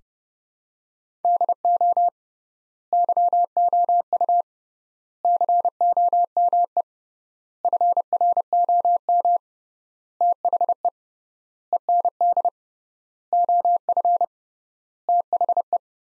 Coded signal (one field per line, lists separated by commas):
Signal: Morse code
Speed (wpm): 29 wpm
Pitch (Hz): 700 Hz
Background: none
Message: DO YOU COME FROM THE END OF THE